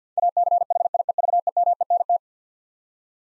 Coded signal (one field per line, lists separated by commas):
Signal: Morse code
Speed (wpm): 50 wpm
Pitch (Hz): 700 Hz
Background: none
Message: ACHIEVEMENT